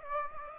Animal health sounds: mosquito wingbeat signal from an infrared sensor; Aedes aegypti

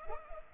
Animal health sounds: mosquito wingbeat signal from an infrared sensor; Culex pipiens

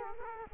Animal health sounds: mosquito wingbeat signal from an infrared sensor; Culex quinquefasciatus

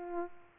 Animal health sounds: mosquito wingbeat signal from an infrared sensor; Culex pipiens

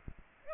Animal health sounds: mosquito wingbeat signal from an infrared sensor; Aedes aegypti

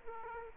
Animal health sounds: mosquito wingbeat signal from an infrared sensor; Aedes aegypti

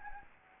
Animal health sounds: mosquito wingbeat signal from an infrared sensor; Anopheles gambiae

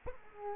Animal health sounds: mosquito wingbeat signal from an infrared sensor; Culex quinquefasciatus

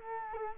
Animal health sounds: mosquito wingbeat signal from an infrared sensor; Culex quinquefasciatus

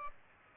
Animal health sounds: mosquito wingbeat signal from an infrared sensor; Aedes aegypti

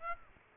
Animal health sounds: mosquito wingbeat signal from an infrared sensor; Aedes aegypti

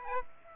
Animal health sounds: mosquito wingbeat signal from an infrared sensor; Aedes aegypti

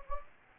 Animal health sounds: mosquito wingbeat signal from an infrared sensor; Anopheles gambiae

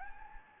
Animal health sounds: mosquito wingbeat signal from an infrared sensor; Anopheles gambiae

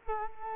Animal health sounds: mosquito wingbeat signal from an infrared sensor; Culex quinquefasciatus

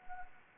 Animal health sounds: mosquito wingbeat signal from an infrared sensor; Anopheles arabiensis

